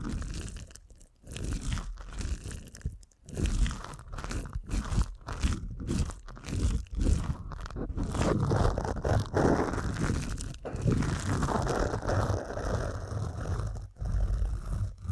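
Deep ear canal massage fills the clip with dense, crunchy rubbing and crinkling that runs almost without pause. The strokes come in irregular bursts, full and low with a bright rustling edge, broken by brief silent gaps near one, three and fourteen seconds.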